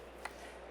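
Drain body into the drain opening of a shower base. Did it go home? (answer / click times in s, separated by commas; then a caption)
yes / 0.2 s. A plastic wedi Fundo Click & Seal drain body with a greased rubber gasket is turned counterclockwise into the drain opening on the back of a wedi foam shower base. A single short, sharp click sounds at 0.3 seconds against a quiet, steady background. The drain body clicks into place and is seated on the shower base.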